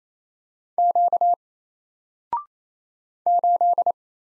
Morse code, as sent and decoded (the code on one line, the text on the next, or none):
--.- / ---..
Q 8